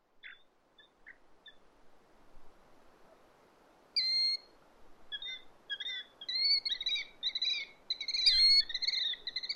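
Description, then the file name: Bird calls: a few soft high notes, then from four seconds sharp, clear whistled notes at several pitches, growing quicker and denser toward the end. "Bird Quiz 016"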